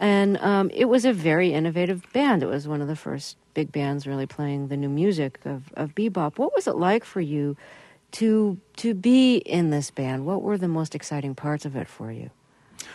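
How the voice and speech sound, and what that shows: One adult speaks clearly and fluently at an easy conversational pace, in a mid-pitched, steady voice with natural rise and fall. A brief hesitation with a repeated syllable comes before the question, as in normal speech. Typical conversational speech in a quiet room.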